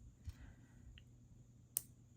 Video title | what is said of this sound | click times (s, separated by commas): Earrings and Necklace with Mermaid Grotto Mega Bead Mix from @JesseJamesBeads | and then let's close it up and you can hear it lock into place | 1.8 s